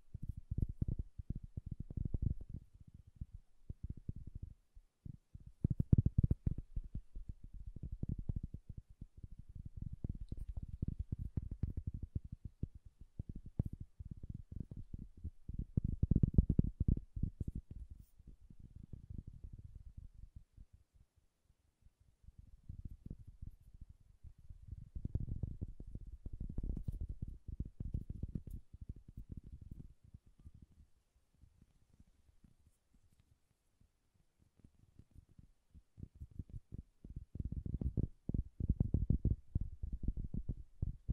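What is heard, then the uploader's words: Soft, bassy tapping in irregular clusters, with dense bursts of quick taps separated by quieter gaps, notably a near-silent stretch around 31 to 36 seconds. The sound stays low and muffled throughout, with little brightness above the thuds. ASMR Bassy and Soft Tapping Sounds.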